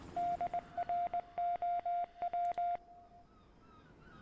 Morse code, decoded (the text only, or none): DROW